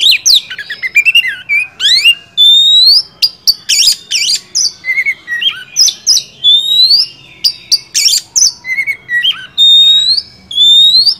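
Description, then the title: Oriental magpie-robin song, a long mix of upslurred whistles, harsh bursts and quick chirps delivered in repeated phrases with short gaps. Kacer masteran (tutor) recording used to draw a kacer into singing gacor until it becomes a contest champion. "Masteran Kacer Yang Sukses Memancing Kacer Gacor Sampai Jadi Juara"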